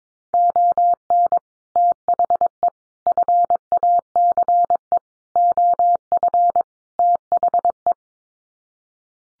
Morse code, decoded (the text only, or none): ON THE FACE OF THE